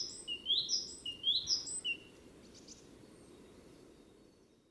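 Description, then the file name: Great tit sings a quick series of paired high notes for about two seconds, then stops, leaving only faint background hiss. "Parus major"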